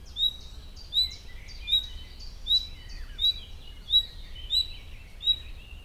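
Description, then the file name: Common nightingale calls: a thin, high whistle repeated steadily, about every three-quarters of a second, while other small birds twitter softly underneath. "Luscinia megarhynchos"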